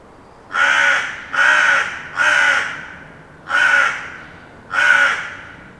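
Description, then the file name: Carrion crow giving five harsh, hoarse caws, each a little under a second long, in a quick series of three, then a pause before two more. "Corvus corone"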